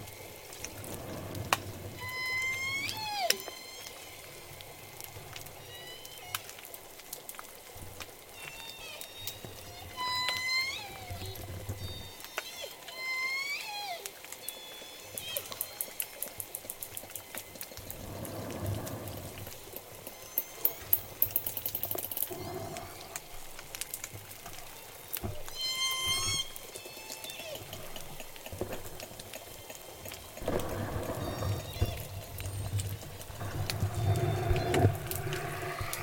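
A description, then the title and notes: Killer whales call underwater in repeated bursts of squealing, sweeping whistles and pulsed calls, clustered in the first fifteen seconds and again around twenty-five seconds. Rapid trains of echolocation clicks rattle near sixteen to twenty seconds over a low, murky rumble of water noise. Acoustic inference as J pod departs Puget Sound & heads to Canada. Southern Resident Killer Whales into Puget Sound this fall.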